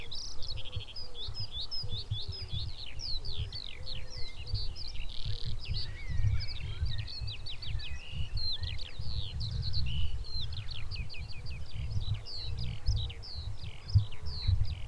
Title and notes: 2020 BIRD SOUNDS FROM THE FIELD - SKYLARK SONG. A great sounding Skylark in song. Tony Powell